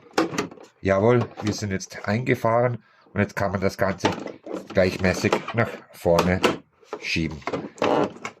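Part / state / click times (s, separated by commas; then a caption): plastic side panel onto a coffee machine housing / seated / 8.2 s. On a Jura Impressa coffee machine, the plastic side panel on the water-tank side is pushed evenly forward onto the housing while someone talks. Its hooks latch with a click at 8.3 s, and the panel is seated.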